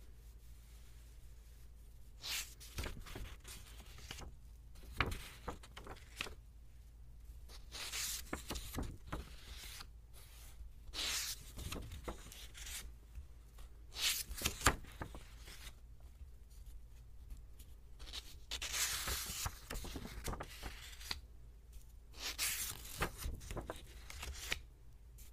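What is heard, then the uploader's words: Pages are turned in bursts of crisp paper rustling and flicking, arriving irregularly every few seconds, with a longer, fuller sweep near nineteen seconds. Between turns there are quieter soft rustles, and a steady low hum runs underneath throughout. ASMR | Page Turning. (no talking).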